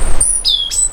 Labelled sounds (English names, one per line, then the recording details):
Stitchbird song
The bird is a male
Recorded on Tiritiri Matangi Island, New Zealand, in 2005
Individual 12, of nest box 16